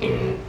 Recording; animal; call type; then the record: contact call of a hoofed animal; pig; closed-mouth grunt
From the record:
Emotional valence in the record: negative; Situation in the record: short social isolation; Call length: 0.48 s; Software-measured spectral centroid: 1550 Hz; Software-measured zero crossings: 1170 a second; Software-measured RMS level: -24 dBFS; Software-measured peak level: -11 dBFS